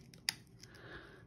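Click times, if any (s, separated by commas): 0.3 s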